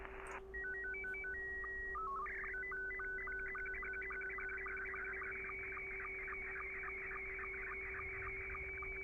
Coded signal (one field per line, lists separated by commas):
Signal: SSTV (slow-scan television)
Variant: Scottie 2